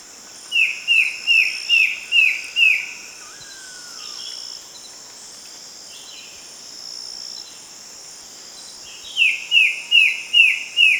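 Bird calls in two bouts of about six short, descending chirps over a steady high hiss.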